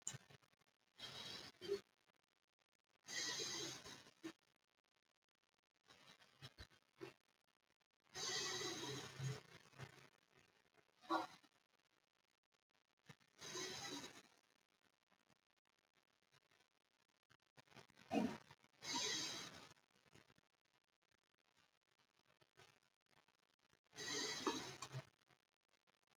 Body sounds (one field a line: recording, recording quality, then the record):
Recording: deep breathing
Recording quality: excellent, no background noise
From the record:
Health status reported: COVID-19 positive, no symptoms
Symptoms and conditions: loss of smell and taste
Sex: female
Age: 33 years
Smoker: not ticked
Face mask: not worn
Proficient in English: yes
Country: India